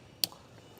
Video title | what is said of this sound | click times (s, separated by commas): மிக குறைந்த விலையில் car washer மற்றும் home cleaning products | மாதிரி ஹச்பி கனெக்டர் போட்டு இது மாதிரி லாக் பண்றது வச்சு அழுத்துனா டக்குன்னு லாக் ஆகும் | 0.2 s